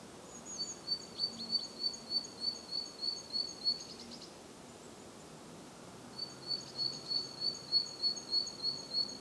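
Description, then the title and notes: Great tit song: a long run of rapid, regular high notes, several a second, a pause, then another steady run, with a faint low hum beneath. Recorded at Głodówka, Žilina Region, Slovakia, with a Zoom F3 and Usi Pro microphones. "Głodówka, Kraj żyliński, Słowacja - Great voice of a great tit. Recordist: Maciej Wirmański"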